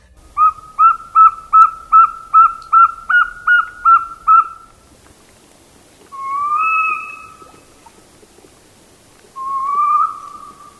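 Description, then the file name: Northern Saw-whet Owl: a fast run of even, whistled toots, then two longer drawn-out whistled notes after pauses, against a quiet background. "1999-03-18 Saw-whet Owl"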